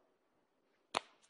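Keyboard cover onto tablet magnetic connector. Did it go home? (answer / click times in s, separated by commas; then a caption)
yes / 1.0 s. A keyboard cover is attached by hand to the magnetic connector of a Microsoft Surface tablet. After a quiet lead-in, a single sharp, bright snap lands at 0.97 s, with a short fading tail and a faint tick near 1.2 s. The cover clicks into place and seats solidly on the connector.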